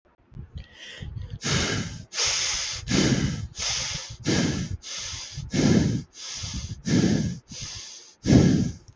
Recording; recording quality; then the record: shallow breathing; excellent, no background noise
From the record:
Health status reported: healthy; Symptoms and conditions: none ticked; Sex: male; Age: 25 years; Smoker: not ticked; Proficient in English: yes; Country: India